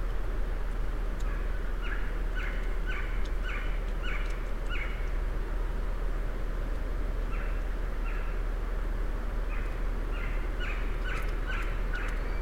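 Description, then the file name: Western screech owl repeating short, clipped hoots in three bursts, with constant low background rumble throughout. Recorded 31 October 2008 at 07:34. "20081031 western screech-owl 0734"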